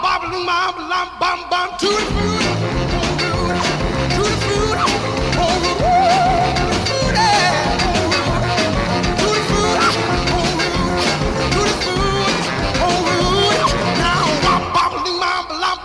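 A short, raw vocal yell opens the track, then a loud rock and roll band crashes in with a driving, pounding beat, honking horns and wild shouted singing.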